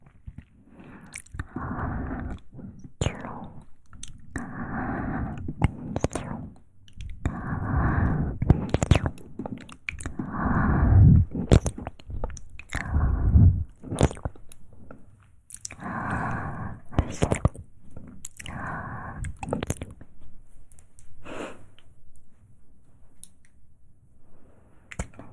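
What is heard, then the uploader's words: Mouth sounds: wet chewing, smacking and crunching with sharp clicks scattered throughout. Bursts come in clusters every second or two, with short voiced hums and breaths mixed in, and brief pauses around 15 and 22 seconds. ASMR Christmas Special Edition, Mouth Sounds.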